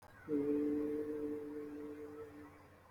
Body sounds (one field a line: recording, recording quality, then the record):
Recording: sustained vowel as in made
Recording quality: excellent, no background noise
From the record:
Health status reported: healthy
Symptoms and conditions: hypertension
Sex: male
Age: 29 years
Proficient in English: yes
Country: India